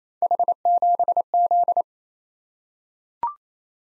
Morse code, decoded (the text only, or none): H7Z